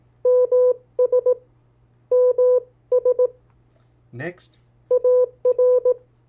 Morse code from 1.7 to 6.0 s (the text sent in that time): MS AR